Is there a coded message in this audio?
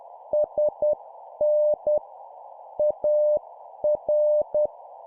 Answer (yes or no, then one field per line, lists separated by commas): yes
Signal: Morse code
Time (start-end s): 0.3-4.7 s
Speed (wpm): 10 wpm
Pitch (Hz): 600 Hz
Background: none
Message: SN AR